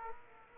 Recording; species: mosquito wingbeat signal from an infrared sensor; Aedes aegypti